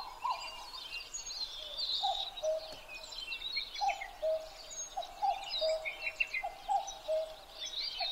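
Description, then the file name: Common cuckoo giving a paired cu-coo with the second note lower, repeated several times, while numerous songbirds chatter and trill high above. Recorded 12 June 2011 at 03:53. "kakkou-20110612-0353"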